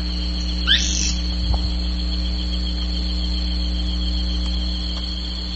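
Bird calling once early on, a quick upslurred then falling high note, followed by quiet hiss and a constant low hum.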